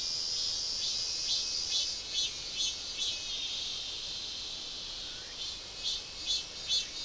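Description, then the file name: Insects calling in a dense high-pitched chorus, with brighter shrill pulses rising out of it roughly twice a second and one faint rising chirp midway. "mainly insect"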